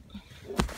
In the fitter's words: it snaps right in and that's